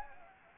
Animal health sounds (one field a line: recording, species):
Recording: mosquito wingbeat signal from an infrared sensor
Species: Anopheles gambiae